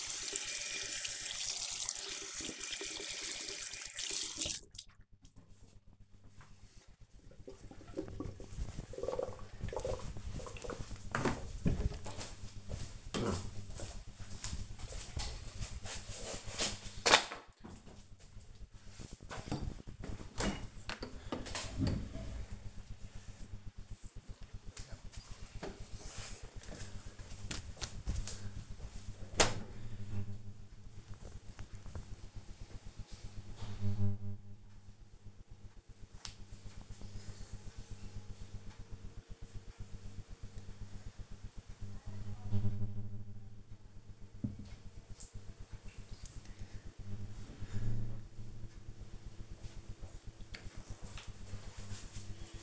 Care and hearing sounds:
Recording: household activities, microphone on the right wrist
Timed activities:
0.00-4.35 s: washing hands

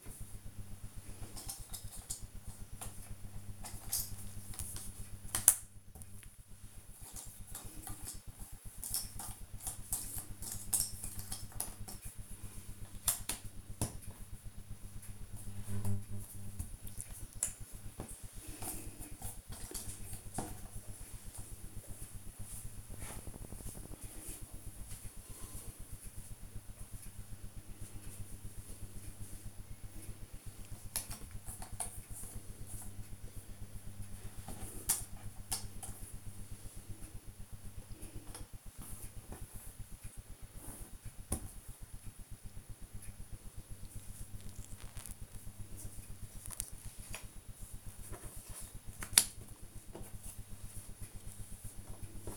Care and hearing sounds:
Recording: household activities, microphone on the right wrist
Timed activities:
0.00-52.36 s: doing a puzzle

